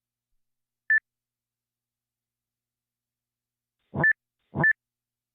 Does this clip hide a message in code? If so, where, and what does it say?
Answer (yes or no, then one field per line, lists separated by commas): no